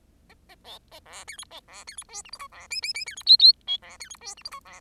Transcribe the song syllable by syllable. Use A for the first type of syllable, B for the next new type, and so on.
A A B A C D E B C D E F G H I C J J J D E K K L C D E F G H I C